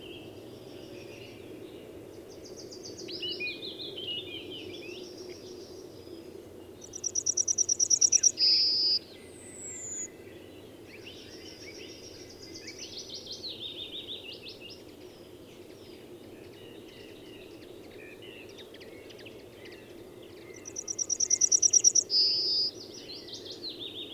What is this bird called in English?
Yellowhammer